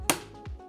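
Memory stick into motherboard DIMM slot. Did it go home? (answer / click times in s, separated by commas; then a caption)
yes / 0.1 s. A DDR memory stick, with both corners already in the slot notches, is pressed down hard on its left end into a motherboard DIMM slot. A sharp click at 0.1 s marks the slot's plastic retention clip snapping closed, followed by a softer thud near 0.5 s. The left side of the stick is seated and locked.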